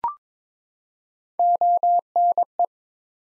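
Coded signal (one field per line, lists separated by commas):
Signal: Morse code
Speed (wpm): 22 wpm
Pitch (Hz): 700 Hz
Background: none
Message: ONE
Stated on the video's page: Morse drill at 22 wpm of ARRL section abbreviations used in Field Day exchanges, each sent twice.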